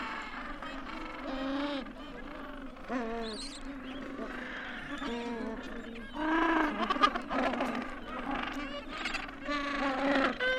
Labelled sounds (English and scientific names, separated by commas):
Gentoo Penguin (Pygoscelis papua) call